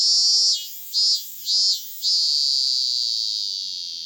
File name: cicada minmin